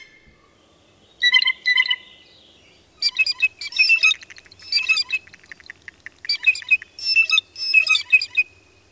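Bird calls, harsh buzzy squawks given in a pair, followed by several rapid grating phrases in close groups, with a quiet background.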